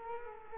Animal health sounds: mosquito wingbeat signal from an infrared sensor; Culex quinquefasciatus

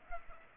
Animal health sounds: mosquito wingbeat signal from an infrared sensor; Culex pipiens

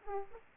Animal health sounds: mosquito wingbeat signal from an infrared sensor; Aedes aegypti

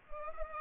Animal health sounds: mosquito wingbeat signal from an infrared sensor; Culex pipiens

